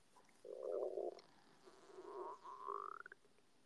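A gurgling rumble comes in two stretches: a dense burst, then a rising, bubbling growl that breaks into a few short pops near the end. These are ordinary stomach growls (borborygmi), caused by gas and fluid moving through the gut.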